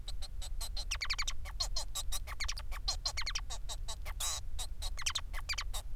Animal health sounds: song of a male Bengalese finch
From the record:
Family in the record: son of father 4

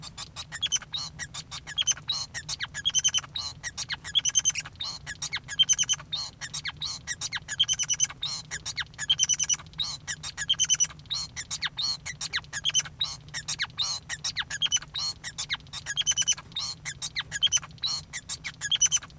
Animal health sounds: song of a male Bengalese finch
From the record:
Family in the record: son of father 5

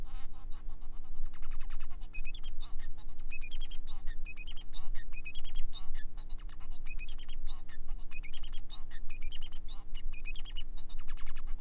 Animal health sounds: song of a male Bengalese finch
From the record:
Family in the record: son of father 4

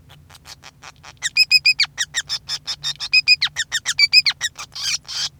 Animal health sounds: song of a male Bengalese finch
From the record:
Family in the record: son of father 5

